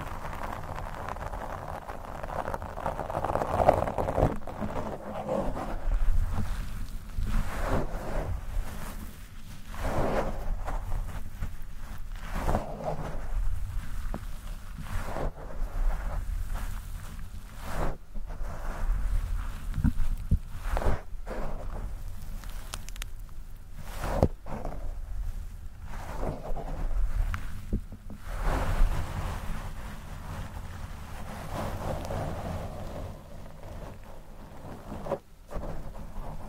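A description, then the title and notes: Microphone brushing, scratching and fast tapping run throughout, with a heavy low rumble underneath and a rough, dense texture. Sharp taps and bursts of scraping appear every second or two, some louder, around 4, 10, 18 and 28 seconds. ASMR Mic Brushing, Scratching, & Fast Tapping (No Talking).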